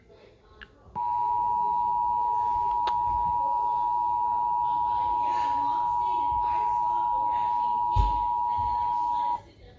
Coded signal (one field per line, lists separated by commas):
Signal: Emergency Alert System (SAME) tones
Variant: 853 and 960 Hz attention tone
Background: speech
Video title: Emergency Alert System: Required Monthly Test #1 2018